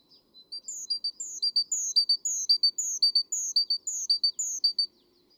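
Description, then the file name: Great tit giving a brisk rhythmic series of repeated phrases, each a sharp high slurred note with two or three quick lower notes, lasting nearly five seconds. "Parus major"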